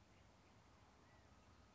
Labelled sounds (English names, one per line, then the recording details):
California Quail
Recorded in Sonoma County, California